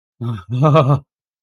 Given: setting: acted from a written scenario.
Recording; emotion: vocal sound without words; ecstasy